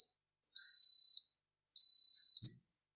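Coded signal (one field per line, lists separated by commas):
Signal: beep code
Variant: smart air fryer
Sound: two long high-pitched beeps, each under a second, then a dull thump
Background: small room, thump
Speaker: you heard several long beeps that means our sausages are done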